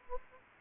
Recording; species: mosquito wingbeat signal from an infrared sensor; Anopheles gambiae